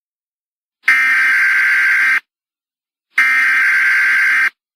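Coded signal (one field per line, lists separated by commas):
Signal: Emergency Alert System (SAME) tones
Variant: header bursts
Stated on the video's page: Simulated EAS scenario, fictional.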